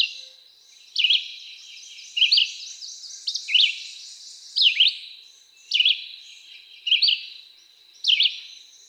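Red-eyed Vireo singing brief burry phrases that swoop up or down, delivered one after another about once a second against a constant high hiss.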